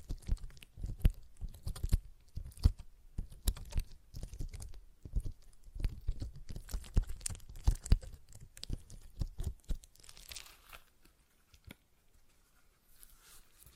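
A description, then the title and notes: A stress ball is squeezed in quick, irregular crackly bursts with low thumps, busiest for ten seconds, then thinning to scattered faint rustles. ASMR Relaxing Stress Ball Sounds (No Talking).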